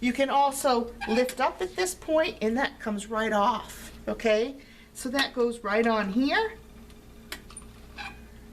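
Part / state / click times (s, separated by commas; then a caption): leg rest into a wheelchair frame bracket / seated / 7.3 s. A swing-away leg rest is set onto a wheelchair frame bracket and slid back until it locks into place. Someone talks through most of the clip, then after the speech stops a sharp click is heard at 7.3 seconds, followed by two softer ticks. The leg rest is seated and locked.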